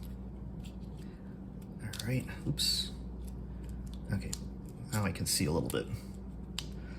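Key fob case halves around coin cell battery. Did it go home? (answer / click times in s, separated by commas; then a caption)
yes / 6.6 s. Someone talks while handling the two plastic halves of a Ford Focus RS key fob at a kitchen countertop, pressing them back together around a newly replaced coin cell battery. Faint light handling sounds run under the talk, then a single sharp snap at 6.6 s marks the case clicking into place, fully seated.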